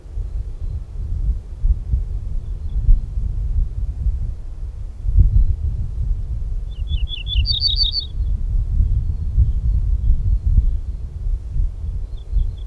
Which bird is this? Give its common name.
Ortolan Bunting